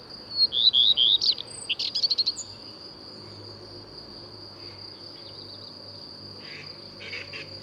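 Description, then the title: Common redstart song: one brief phrase of rapid, high, slurred notes ending in a scratchy jumble, then near quiet apart from a continuous high buzzing tone. Returns in April; sings from conspicuous, fairly high perches on trees or roofs; breeds in forest. "Rougequeue à front blanc"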